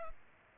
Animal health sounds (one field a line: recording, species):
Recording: mosquito wingbeat signal from an infrared sensor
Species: Culex pipiens